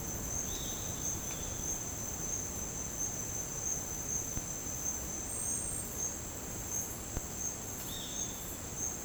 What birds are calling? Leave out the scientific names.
unidentified bird, Roadside Hawk